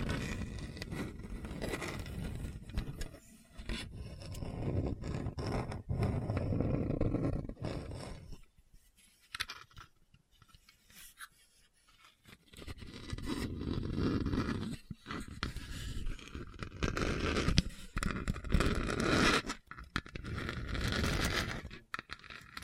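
Rough scratching and scraping over a hard, bumpy surface, with dense low rumbling and gritty texture broken by frequent sharp clicks and knocks. The sound runs in bursts, dropping nearly silent around 8 to 13 seconds and briefly near 19 seconds before resuming.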